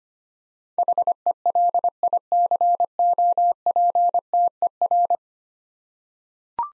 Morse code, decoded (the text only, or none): HELICOPTER